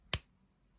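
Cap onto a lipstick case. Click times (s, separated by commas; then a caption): 0.1 s. A cap is put back onto a soft-matte lipstick case and clicks into place at 0.1 s so that the swirl pattern on the case lines up. A single sharp, short snap stands out against near silence. The cap is seated.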